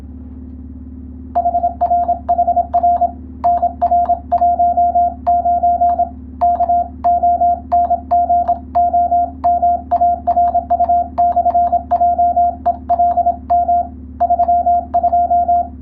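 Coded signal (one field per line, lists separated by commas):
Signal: Morse code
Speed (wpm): 26 wpm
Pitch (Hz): 700 Hz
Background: none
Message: HRHR NR19 KONGOMARU/JELM 32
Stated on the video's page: Morse sending and receiving practice for the Japanese radiotelegraph operator licence exam, using a European-language telegram practice book.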